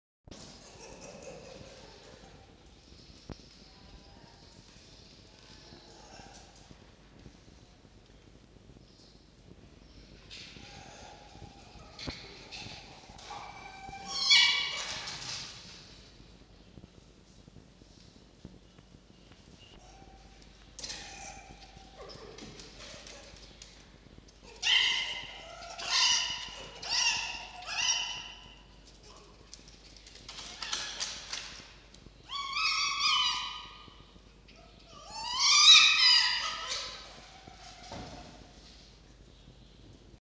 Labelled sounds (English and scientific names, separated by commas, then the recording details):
Red Fox (Vulpes vulpes)
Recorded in captivity
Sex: pair
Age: adult
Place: Zoologisches Institut der HUB, Berlin, DE
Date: 1952-04-15 15:00
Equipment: Elmetra
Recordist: Tembrock, Günter
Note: Fiffi an der geöffneten Tür zum Mittelzimmer. Fiffi: Kreischen; Jupp: Begrüßungswinseln und Muffen (ohne Fleisch) (Bellserie ?). Recht gute Aufnahmequalität